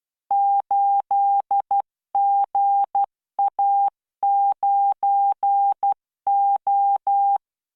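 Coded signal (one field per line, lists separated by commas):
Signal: Morse code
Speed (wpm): 12 wpm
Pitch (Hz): 800 Hz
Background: none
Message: 8GA9O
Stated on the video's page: Morse practice at 12 WPM with standard spacing, generated by LearningMorse training software.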